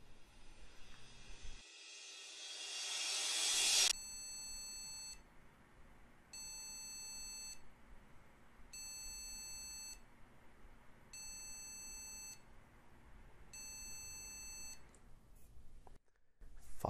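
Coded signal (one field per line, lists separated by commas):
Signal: beep code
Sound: after a burst of loud hiss, five evenly spaced buzzy beeps, each about one second long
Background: fan noise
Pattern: 5 short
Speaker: five beeps and when we look up what five beeps means we get sent straight towards a CPU error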